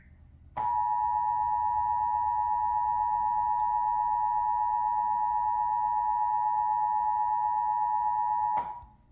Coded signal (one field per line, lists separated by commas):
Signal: Emergency Alert System (SAME) tones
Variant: 853 and 960 Hz attention tone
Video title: Ohio EAS Required Monthly Test (RMT) - 7/12/2023